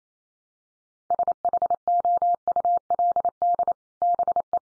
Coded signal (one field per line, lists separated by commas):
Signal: Morse code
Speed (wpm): 28 wpm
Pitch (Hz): 700 Hz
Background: none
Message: SHOULD BE